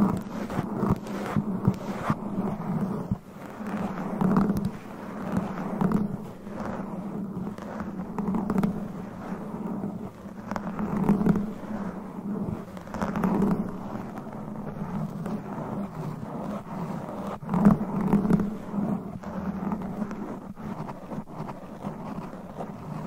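Claws scratch steadily across a microphone, making a continuous dense scraping and rubbing with a low hum-like body. Sharper scratchy bursts stand out around 4, 11, 13 and 18 seconds, while the texture between them stays fairly even and unbroken.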